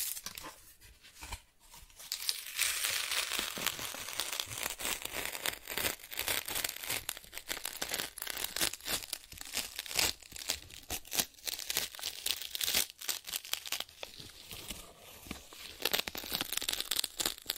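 Cardboard being scratched and torn, a dense, uneven run of bright scraping and crinkling that starts quietly, then stays busy with sharp bursts.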